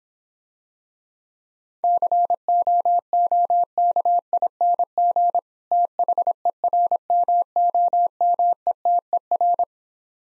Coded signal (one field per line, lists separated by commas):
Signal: Morse code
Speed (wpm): 26 wpm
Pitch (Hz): 700 Hz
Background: none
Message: COOKING THERMOMETER